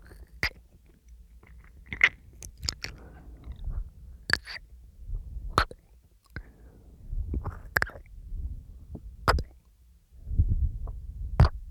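Someone eats fruit, with sharp crunchy bites every second or so and soft low chewing between them.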